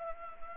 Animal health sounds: mosquito wingbeat signal from an infrared sensor; Anopheles gambiae

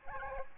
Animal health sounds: mosquito wingbeat signal from an infrared sensor; Aedes albopictus

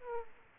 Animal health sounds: mosquito wingbeat signal from an infrared sensor; Aedes aegypti

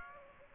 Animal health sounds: mosquito wingbeat signal from an infrared sensor; Aedes aegypti

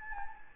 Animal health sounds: mosquito wingbeat signal from an infrared sensor; Anopheles gambiae

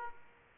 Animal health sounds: mosquito wingbeat signal from an infrared sensor; Aedes aegypti

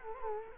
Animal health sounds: mosquito wingbeat signal from an infrared sensor; Culex quinquefasciatus

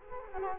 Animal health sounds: mosquito wingbeat signal from an infrared sensor; Culex quinquefasciatus

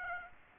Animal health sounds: mosquito wingbeat signal from an infrared sensor; Aedes aegypti

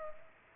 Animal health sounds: mosquito wingbeat signal from an infrared sensor; Culex pipiens

